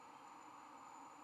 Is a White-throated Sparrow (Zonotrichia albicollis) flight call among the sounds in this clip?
no